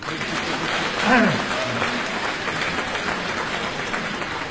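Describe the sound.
Steady audience applause at a Chinese crosstalk (xiangsheng) comedy show, applauding a 78-year-old performer: a dense crackle of many hands clapping at an even level, with a brief voice rising over it near the start.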